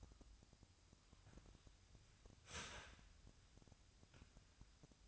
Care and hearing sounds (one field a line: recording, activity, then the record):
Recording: daily activity, microphone in the room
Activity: start toaster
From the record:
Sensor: 2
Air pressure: 1001.8 hPa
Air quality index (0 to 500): 245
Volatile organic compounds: 36 ppm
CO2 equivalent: 3086 ppm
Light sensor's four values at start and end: 9/31/12/11 and 9/31/12/12